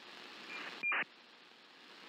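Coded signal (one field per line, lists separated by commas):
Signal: ACARS aircraft data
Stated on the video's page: ACARS aircraft-to-ground data communications monitored via SDR receivers such as RTL SDR and SDRPlay.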